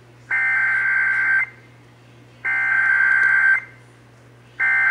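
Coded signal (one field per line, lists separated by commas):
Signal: Emergency Alert System (SAME) tones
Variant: header bursts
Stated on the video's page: SAME tones for Severe Thunderstorm Warnings, received from WBAP-AM and weather radio KEC55.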